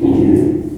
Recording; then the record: squeal of a Yucatan mini pig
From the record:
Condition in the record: before surgery on the right vocal fold (resection and tissue-engineered implant); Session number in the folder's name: 1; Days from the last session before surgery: -21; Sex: female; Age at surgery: 19 weeks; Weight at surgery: 25 kg